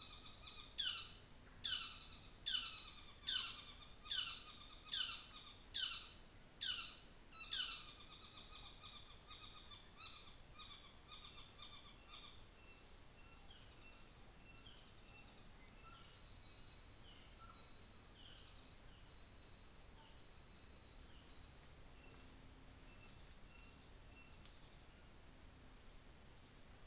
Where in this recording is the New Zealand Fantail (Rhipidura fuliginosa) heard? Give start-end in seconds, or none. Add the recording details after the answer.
16.69-21.38. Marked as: faintness 1/5, faintness 5/5, faintness 4/5, faintness 2/5. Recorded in New Zealand on 24 December 2018. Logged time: 17:00